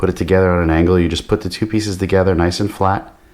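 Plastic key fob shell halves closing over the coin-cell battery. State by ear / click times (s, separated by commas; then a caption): not seated / none. Someone talks while the two plastic halves of a Dodge Challenger, Charger or Jeep key fob case are laid flat together over the newly replaced coin-cell battery, ready to be squeezed shut. Nothing has snapped or clicked yet; the case is not closed.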